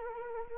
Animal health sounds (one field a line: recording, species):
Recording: mosquito wingbeat signal from an infrared sensor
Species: Anopheles arabiensis